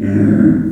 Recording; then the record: squeal of a Yucatan mini pig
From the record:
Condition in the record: after surgery on the right vocal fold (resection and tissue-engineered implant); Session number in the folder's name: 4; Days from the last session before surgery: 26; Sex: female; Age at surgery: 19 weeks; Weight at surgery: 25 kg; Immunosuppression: prednisolone